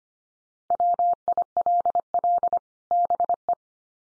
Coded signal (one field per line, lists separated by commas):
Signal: Morse code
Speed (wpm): 25 wpm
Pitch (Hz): 700 Hz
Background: none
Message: WILL BE